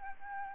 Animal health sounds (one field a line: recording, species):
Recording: mosquito wingbeat signal from an infrared sensor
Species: Aedes albopictus